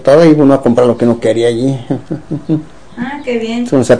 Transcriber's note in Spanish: risas